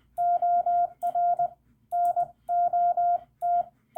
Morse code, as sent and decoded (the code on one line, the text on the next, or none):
--- .-. / -. --- -
OR NOT